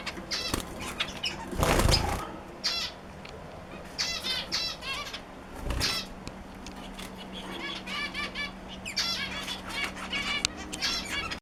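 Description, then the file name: Zebra finch song, bursts of nasal, buzzy, harmonic notes in quick phrases, broken by loud fluttering wingbeats. "zebrovyi amadin poet"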